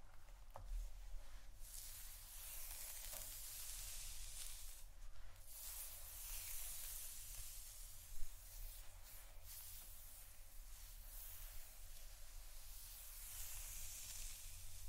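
Hair is brushed in a steady run of soft, bright scratching strokes that swell and fade every second or two, louder around 2, 5 and 9 seconds. A steady low hum sits underneath, and a sharper click stands out near 8 seconds.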